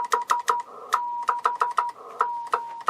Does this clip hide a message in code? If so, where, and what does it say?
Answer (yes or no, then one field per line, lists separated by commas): no